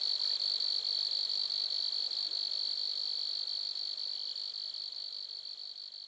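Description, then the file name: Grasshopper call, a high, rapidly pulsing buzz, fading slightly toward the end. Lac-à-François, Montcerf-Lytton, Quebec, Canada. "criquets-grasshoppers- -lac-acc 80-franccca 7 ois-montcerf-lytton-quecc 81 bec-canada"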